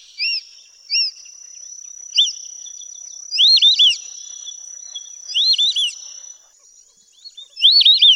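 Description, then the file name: White-faced whistling duck calls: several single arched whistles, then repeated three-note whistled phrases, set against a continuous high-pitched insect drone. "audio burung belibis muka putih. omkicau"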